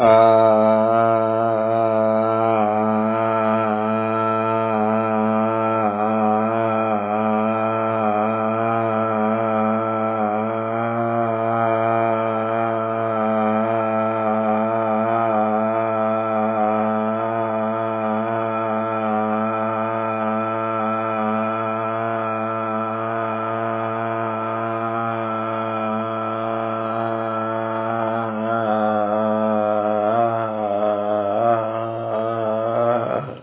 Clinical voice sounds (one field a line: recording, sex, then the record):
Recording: sustained vowel /a/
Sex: male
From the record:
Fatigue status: no fatigue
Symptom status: symptomatic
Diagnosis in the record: COVID-19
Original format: 3gp